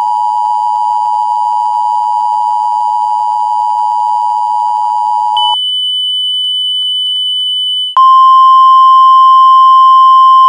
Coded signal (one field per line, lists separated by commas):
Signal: Emergency Alert System (SAME) tones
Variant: 853 and 960 Hz attention tone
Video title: Accurate EAS - Tornado Warning